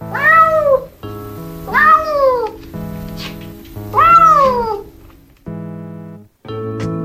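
A cat meows three times, each a drawn-out, rising-then-falling wail, over a steady low humming tone that continues beneath and after the calls.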